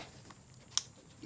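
An electrical connector is pushed back onto the ignition coil of a 2006-2012 Toyota Rav4 Limited during a connector replacement. A faint tick comes at 0.3 s, then a sharp, bright click at 0.8 s as the connector latches home and is seated.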